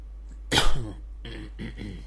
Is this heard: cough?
yes